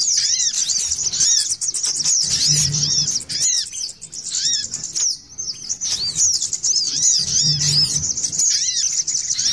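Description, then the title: Little spiderhunter song: high rapid chipping trills with arched whistled notes repeated again and again; a low hum appears briefly twice. Masteran (tutoring) recording used for training songbirds. "Masteran Burung Sogok Ontong Labaik"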